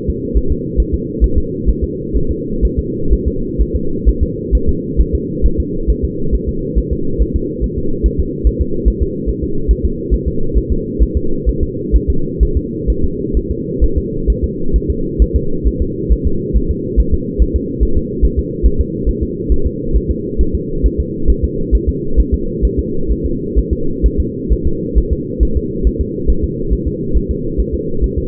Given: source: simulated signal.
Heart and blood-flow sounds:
fetal heart sounds
0.10 s: S2
0.37 s: S1
0.52 s: S2
0.80 s: S1
0.94 s: S2
1.24 s: S1
1.38 s: S2
1.69 s: S1
1.84 s: S2
2.17 s: S1
2.31 s: S2
2.65 s: S1
2.79 s: S2
3.13 s: S1
3.28 s: S2
3.61 s: S1
3.76 s: S2
4.09 s: S1
4.23 s: S2
4.55 s: S1
4.69 s: S2
5.01 s: S1
5.15 s: S2
5.46 s: S1
5.60 s: S2
5.90 s: S1
6.05 s: S2
6.35 s: S1
6.49 s: S2
6.78 s: S1
6.93 s: S2
7.22 s: S1
7.36 s: S2
7.64 s: S1
7.78 s: S2
8.06 s: S1
8.20 s: S2
8.47 s: S1
8.61 s: S2
8.88 s: S1
9.03 s: S2
9.29 s: S1
9.44 s: S2
9.71 s: S1
9.85 s: S2
10.14 s: S1
10.28 s: S2
10.58 s: S1
10.72 s: S2
11.03 s: S1
11.17 s: S2
11.49 s: S1
11.63 s: S2
11.96 s: S1
12.10 s: S2
12.43 s: S1
12.57 s: S2
12.90 s: S1
13.04 s: S2
13.37 s: S1
13.51 s: S2
13.84 s: S1
13.98 s: S2
14.30 s: S1
14.44 s: S2
14.76 s: S1
14.90 s: S2
15.22 s: S1
15.36 s: S2
15.68 s: S1
15.82 s: S2
16.12 s: S1
16.27 s: S2
16.56 s: S1
16.71 s: S2
17.00 s: S1
17.14 s: S2
17.42 s: S1
17.56 s: S2
17.83 s: S1
17.97 s: S2
18.25 s: S1
18.39 s: S2
18.66 s: S1
18.81 s: S2
19.09 s: S1
19.23 s: S2
19.52 s: S1
19.66 s: S2
19.97 s: S1
20.11 s: S2
20.41 s: S1
20.55 s: S2
20.86 s: S1
21.00 s: S2
21.30 s: S1
21.44 s: S2
21.75 s: S1
21.89 s: S2
22.20 s: S1
22.34 s: S2
22.65 s: S1
22.79 s: S2
23.12 s: S1
23.26 s: S2
23.59 s: S1
23.73 s: S2
24.06 s: S1
24.20 s: S2
24.53 s: S1
24.67 s: S2
24.98 s: S1
25.12 s: S2
25.43 s: S1
25.57 s: S2
25.87 s: S1
26.01 s: S2
26.30 s: S1
26.44 s: S2
26.73 s: S1
26.88 s: S2
27.17 s: S1
27.31 s: S2
27.60 s: S1
27.75 s: S2
28.04 s: S1
28.18 s: S2
From the record:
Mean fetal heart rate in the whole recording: 135 bpm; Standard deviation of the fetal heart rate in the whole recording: 3 bpm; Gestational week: 34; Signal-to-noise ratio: -8.1 dB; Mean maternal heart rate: 72 bpm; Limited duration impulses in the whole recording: absent

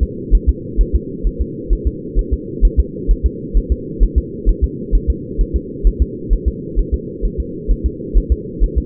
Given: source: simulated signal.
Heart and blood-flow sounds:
fetal heart sounds
0.03 s: S2
0.35 s: S1
0.49 s: S2
0.81 s: S1
0.95 s: S2
1.27 s: S1
1.41 s: S2
1.73 s: S1
1.87 s: S2
2.19 s: S1
2.33 s: S2
2.65 s: S1
2.80 s: S2
3.11 s: S1
3.26 s: S2
3.57 s: S1
3.72 s: S2
4.03 s: S1
4.18 s: S2
4.49 s: S1
4.64 s: S2
4.95 s: S1
5.10 s: S2
5.41 s: S1
5.56 s: S2
5.87 s: S1
6.02 s: S2
6.33 s: S1
6.48 s: S2
6.79 s: S1
6.94 s: S2
7.25 s: S1
7.40 s: S2
7.71 s: S1
7.86 s: S2
8.17 s: S1
8.32 s: S2
8.64 s: S1
8.78 s: S2
From the record:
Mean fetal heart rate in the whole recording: 130 bpm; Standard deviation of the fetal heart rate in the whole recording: 2 bpm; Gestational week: 36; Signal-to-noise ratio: -4.1 dB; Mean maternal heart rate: no maternal heart sound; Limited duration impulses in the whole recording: absent

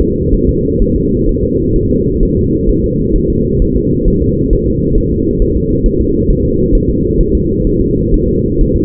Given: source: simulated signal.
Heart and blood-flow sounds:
fetal heart sounds
0.01 s: S2
0.34 s: S1
0.49 s: S2
0.82 s: S1
0.96 s: S2
1.29 s: S1
1.43 s: S2
1.76 s: S1
1.90 s: S2
2.23 s: S1
2.37 s: S2
2.69 s: S1
2.84 s: S2
3.16 s: S1
3.30 s: S2
3.62 s: S1
3.76 s: S2
4.08 s: S1
4.22 s: S2
4.53 s: S1
4.68 s: S2
4.98 s: S1
5.12 s: S2
5.42 s: S1
5.56 s: S2
5.86 s: S1
6.00 s: S2
6.30 s: S1
6.45 s: S2
6.75 s: S1
6.90 s: S2
7.21 s: S1
7.35 s: S2
7.67 s: S1
7.81 s: S2
8.14 s: S1
8.28 s: S2
8.61 s: S1
8.76 s: S2
From the record:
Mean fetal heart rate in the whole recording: 130 bpm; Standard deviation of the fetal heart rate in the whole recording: 4 bpm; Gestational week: 38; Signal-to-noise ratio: -10.2 dB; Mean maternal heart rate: 72 bpm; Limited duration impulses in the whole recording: present

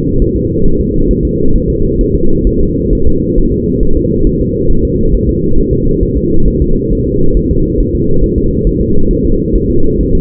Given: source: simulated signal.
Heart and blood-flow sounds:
fetal heart sounds
0.22 s: S1
0.36 s: S2
0.66 s: S1
0.80 s: S2
1.11 s: S1
1.25 s: S2
1.56 s: S1
1.70 s: S2
2.01 s: S1
2.15 s: S2
2.47 s: S1
2.61 s: S2
2.93 s: S1
3.07 s: S2
3.38 s: S1
3.52 s: S2
3.83 s: S1
3.97 s: S2
4.27 s: S1
4.41 s: S2
4.71 s: S1
4.85 s: S2
5.14 s: S1
5.29 s: S2
5.58 s: S1
5.73 s: S2
6.03 s: S1
6.17 s: S2
6.48 s: S1
6.62 s: S2
6.93 s: S1
7.07 s: S2
7.37 s: S1
7.51 s: S2
7.80 s: S1
7.95 s: S2
8.24 s: S1
8.38 s: S2
8.67 s: S1
8.81 s: S2
9.11 s: S1
9.25 s: S2
9.55 s: S1
9.70 s: S2
10.01 s: S1
10.15 s: S2
From the record:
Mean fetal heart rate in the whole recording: 135 bpm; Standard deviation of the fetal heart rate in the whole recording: 3 bpm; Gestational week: 36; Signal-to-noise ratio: -19.1 dB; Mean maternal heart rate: 72 bpm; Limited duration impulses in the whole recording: present

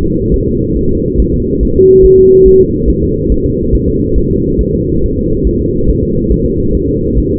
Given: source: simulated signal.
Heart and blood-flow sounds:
fetal heart sounds
0.05 s: S2
0.34 s: S1
0.48 s: S2
0.77 s: S1
0.91 s: S2
1.20 s: S1
1.34 s: S2
1.63 s: S1
1.77 s: S2
2.05 s: S1
2.19 s: S2
2.48 s: S1
2.61 s: S2
2.90 s: S1
3.04 s: S2
3.32 s: S1
3.46 s: S2
3.75 s: S1
3.89 s: S2
4.18 s: S1
4.32 s: S2
4.61 s: S1
4.75 s: S2
5.04 s: S1
5.18 s: S2
5.47 s: S1
5.61 s: S2
5.90 s: S1
6.04 s: S2
6.32 s: S1
6.46 s: S2
6.75 s: S1
6.89 s: S2
7.19 s: S1
7.32 s: S2
From the record:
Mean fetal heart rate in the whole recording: 140 bpm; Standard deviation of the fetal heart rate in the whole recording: 2 bpm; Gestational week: 34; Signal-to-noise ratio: -15.3 dB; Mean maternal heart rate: 72 bpm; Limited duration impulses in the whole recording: present

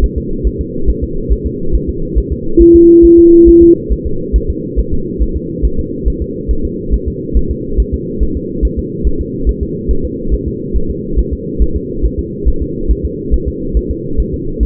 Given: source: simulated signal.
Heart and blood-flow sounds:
fetal heart sounds
0.04 s: S1
0.18 s: S2
0.47 s: S1
0.61 s: S2
0.90 s: S1
1.04 s: S2
1.32 s: S1
1.46 s: S2
1.75 s: S1
1.89 s: S2
2.18 s: S1
2.32 s: S2
2.62 s: S1
2.75 s: S2
3.05 s: S1
3.19 s: S2
3.49 s: S1
3.63 s: S2
3.92 s: S1
4.06 s: S2
4.36 s: S1
4.50 s: S2
4.79 s: S1
4.93 s: S2
5.22 s: S1
5.37 s: S2
5.65 s: S1
5.79 s: S2
6.08 s: S1
6.22 s: S2
6.51 s: S1
6.65 s: S2
6.94 s: S1
7.08 s: S2
7.37 s: S1
7.51 s: S2
7.80 s: S1
7.94 s: S2
8.23 s: S1
8.37 s: S2
8.65 s: S1
8.79 s: S2
9.07 s: S1
9.21 s: S2
9.49 s: S1
9.63 s: S2
9.91 s: S1
10.05 s: S2
10.34 s: S1
10.48 s: S2
10.76 s: S1
10.90 s: S2
11.19 s: S1
11.33 s: S2
11.62 s: S1
11.76 s: S2
12.05 s: S1
12.19 s: S2
12.48 s: S1
12.62 s: S2
12.91 s: S1
13.05 s: S2
13.34 s: S1
13.48 s: S2
13.77 s: S1
13.91 s: S2
14.20 s: S1
14.34 s: S2
14.63 s: S1
From the record:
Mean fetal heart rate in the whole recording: 140 bpm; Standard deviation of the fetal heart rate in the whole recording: 2 bpm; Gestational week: 34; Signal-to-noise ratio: -8.1 dB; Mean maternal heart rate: 72 bpm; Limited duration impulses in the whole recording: present

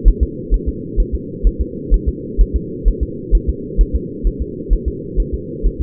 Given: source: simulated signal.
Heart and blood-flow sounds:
fetal heart sounds
0.08 s: S1
0.23 s: S2
0.54 s: S1
0.68 s: S2
1.00 s: S1
1.15 s: S2
1.47 s: S1
1.61 s: S2
1.94 s: S1
2.08 s: S2
2.41 s: S1
2.56 s: S2
2.88 s: S1
3.03 s: S2
3.35 s: S1
3.49 s: S2
3.81 s: S1
3.96 s: S2
4.27 s: S1
4.42 s: S2
4.73 s: S1
4.88 s: S2
5.20 s: S1
5.34 s: S2
5.66 s: S1
5.81 s: S2
From the record:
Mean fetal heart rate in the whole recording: 130 bpm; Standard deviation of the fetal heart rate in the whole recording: 2 bpm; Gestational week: 36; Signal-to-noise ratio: -4.1 dB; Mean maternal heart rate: no maternal heart sound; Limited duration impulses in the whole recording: absent

